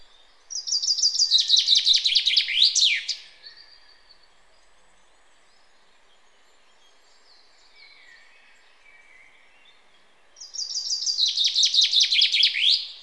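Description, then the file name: Common chaffinch repeating its song twice, each a descending run of crisp notes ending in a twisting flourish, separated by about seven seconds of quiet with faint chirps. "Fringilla coelebs"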